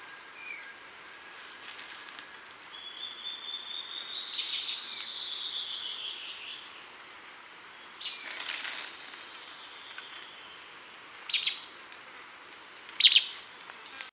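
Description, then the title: Band-tailed antbird calling softly: a long, thin, steady high whistle, then a few brief burry bursts of notes. "LuckyPassaro Completos2Sama. Band-tailed Antbird (Hypocnemoides maculicauda)"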